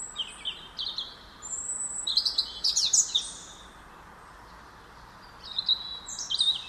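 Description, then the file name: European robin song, bright high twittering and whistled notes in two main bursts separated by a quiet gap, steady hiss beneath. "Erithacus rubecula"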